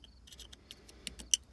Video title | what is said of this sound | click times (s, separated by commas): Mustang Taillight Sequential Braking Modification | See, that one clicked. | 1.3 s